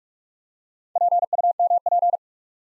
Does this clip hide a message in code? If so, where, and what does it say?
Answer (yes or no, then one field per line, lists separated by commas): yes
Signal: Morse code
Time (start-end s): 1.0-2.2 s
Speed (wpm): 48 wpm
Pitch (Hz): 700 Hz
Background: none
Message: PUMP